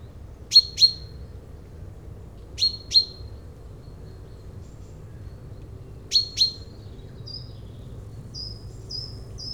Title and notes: Champs de maïs - Yenne, France - ça pépiait dans les maïs. Au coeur de cette mer végétale nous trouvons refuge sur une île-bocage et pointons notre parabole sur un Pinson des arbres